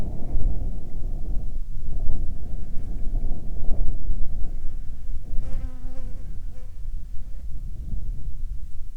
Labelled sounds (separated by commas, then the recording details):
wind, insects
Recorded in the Arctic National Wildlife Refuge, Alaska, on 22 July 2019 at 16:32
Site 38